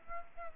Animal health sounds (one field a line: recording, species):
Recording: mosquito wingbeat signal from an infrared sensor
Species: Aedes aegypti